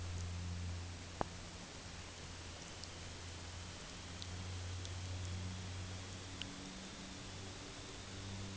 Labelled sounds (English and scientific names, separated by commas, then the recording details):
none
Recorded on Arctic tundra, site UTQI-8, on 15 June 2019
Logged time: 22:00